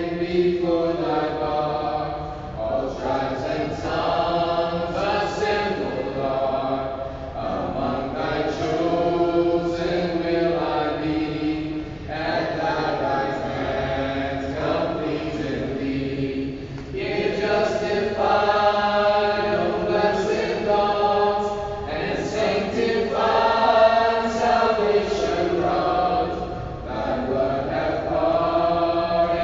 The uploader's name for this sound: Kenya Soundscape (Field Recording)